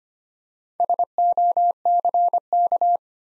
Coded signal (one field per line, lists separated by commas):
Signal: Morse code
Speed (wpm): 25 wpm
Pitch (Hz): 700 Hz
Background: none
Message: SOCK